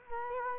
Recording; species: mosquito wingbeat signal from an infrared sensor; Culex quinquefasciatus